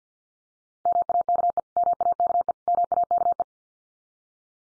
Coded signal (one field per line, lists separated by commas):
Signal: Morse code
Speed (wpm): 48 wpm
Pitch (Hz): 700 Hz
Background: none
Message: MAKE MAKE MAKE